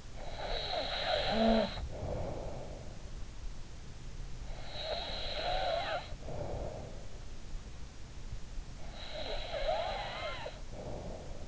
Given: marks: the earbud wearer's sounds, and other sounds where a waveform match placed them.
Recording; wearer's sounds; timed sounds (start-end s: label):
sounds in sleep by an in-ear microphone; snoring breath
0.00-3.08 s: snoring breath
4.11-7.20 s: snoring breath
9.03-11.48 s: snoring breath